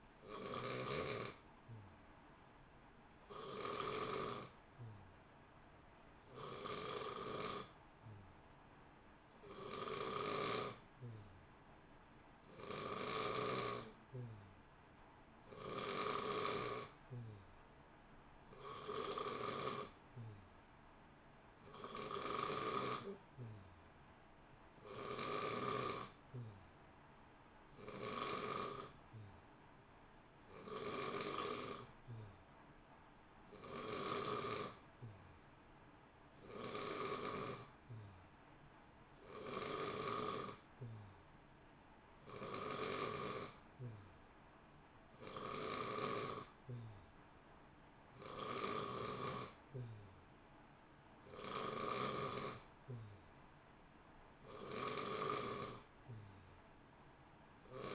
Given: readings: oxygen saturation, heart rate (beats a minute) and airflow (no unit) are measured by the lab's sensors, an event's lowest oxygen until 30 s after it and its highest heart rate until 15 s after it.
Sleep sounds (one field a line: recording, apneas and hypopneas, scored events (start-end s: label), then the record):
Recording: breathing in sleep by a voice recorder at the bedside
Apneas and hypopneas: 1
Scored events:
15.00-57.95 s: new sleep stage, N2 (light sleep)
20.00-36.20 s: hypopnea (N2, oxygen 92% highest, then 89% lowest, heart rate 59 at the start, 64 highest)
From the record:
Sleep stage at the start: N3 (deep sleep)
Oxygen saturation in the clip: 89 to 92%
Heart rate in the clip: 58 to 64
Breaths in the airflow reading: 20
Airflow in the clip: -0.8 to 0.8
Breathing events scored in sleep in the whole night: 328 in 6.3 hours asleep